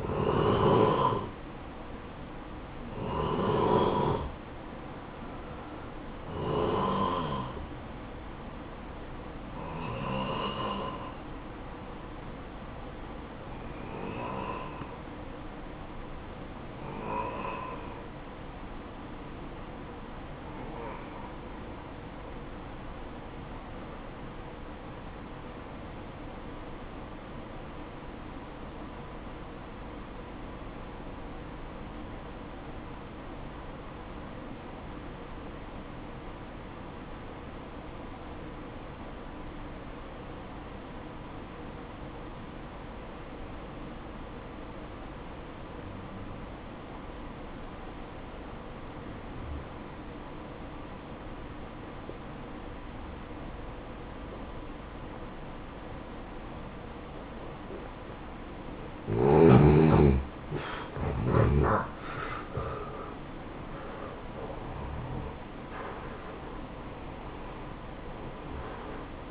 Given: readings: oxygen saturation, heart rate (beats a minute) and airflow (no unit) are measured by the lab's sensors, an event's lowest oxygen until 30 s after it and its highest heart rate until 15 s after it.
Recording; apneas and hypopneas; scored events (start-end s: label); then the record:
breathing in sleep by a voice recorder at the bedside; 1
13.00-59.40 s: obstructive apnea (N2, oxygen 95% highest, then 86% lowest, heart rate 58 at the start, 77 highest)
53.00-69.31 s: new sleep stage, N1 (lightest sleep)
From the record:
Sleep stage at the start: N2 (light sleep); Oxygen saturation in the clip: 87 to 95%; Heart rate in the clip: 51 to 77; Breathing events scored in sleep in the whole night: 573 in 9.8 hours asleep